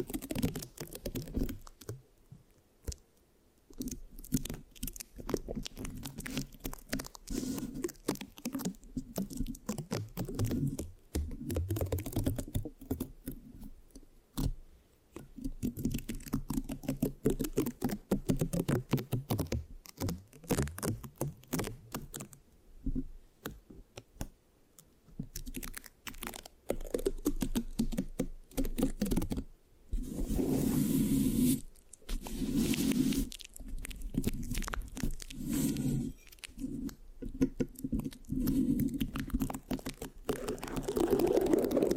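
Microphone scratching with a sticky, tacky texture runs for the whole stretch, a dense, irregular patter of small taps and rubs. Low rumbling body sits under crisp clicking that comes in bursts, with brief pauses near 3, 20 and 30 seconds. No talking.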